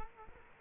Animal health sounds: mosquito wingbeat signal from an infrared sensor; Culex quinquefasciatus

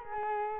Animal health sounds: mosquito wingbeat signal from an infrared sensor; Culex quinquefasciatus

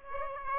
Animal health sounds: mosquito wingbeat signal from an infrared sensor; Aedes aegypti

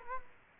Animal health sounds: mosquito wingbeat signal from an infrared sensor; Culex quinquefasciatus

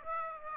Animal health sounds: mosquito wingbeat signal from an infrared sensor; Aedes aegypti

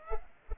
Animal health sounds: mosquito wingbeat signal from an infrared sensor; Culex pipiens

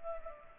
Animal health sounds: mosquito wingbeat signal from an infrared sensor; Culex pipiens

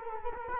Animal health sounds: mosquito wingbeat signal from an infrared sensor; Culex quinquefasciatus

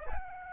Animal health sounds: mosquito wingbeat signal from an infrared sensor; Aedes albopictus

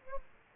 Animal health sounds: mosquito wingbeat signal from an infrared sensor; Aedes aegypti

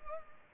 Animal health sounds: mosquito wingbeat signal from an infrared sensor; Culex pipiens

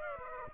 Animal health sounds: mosquito wingbeat signal from an infrared sensor; Aedes aegypti

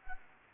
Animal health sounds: mosquito wingbeat signal from an infrared sensor; Anopheles gambiae

